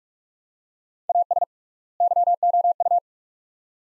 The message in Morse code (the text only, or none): AS YOU